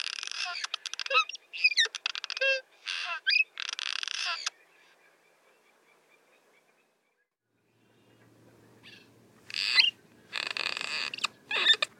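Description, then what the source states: Cliff swallow chatter, bursts of squeaky, clanky, buzzy notes in quick runs, then a near-silent pause before more grating phrases resume. Colonial birds chattering and singing at the entrance of their mud nest; recorded with a parabolic microphone.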